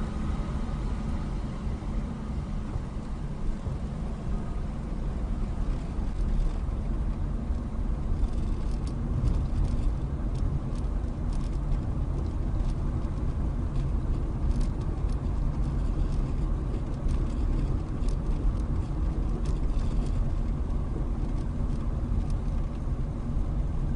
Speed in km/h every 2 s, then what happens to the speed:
16, 16, 21, 23, 24, 24, 26, 27, 27, 26, 26, 21.
0-14 speeds up to 27. 14-20 steady at about 26.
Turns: none.